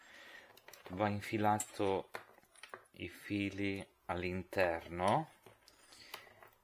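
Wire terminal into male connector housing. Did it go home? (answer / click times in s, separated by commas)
yes / 6.1 s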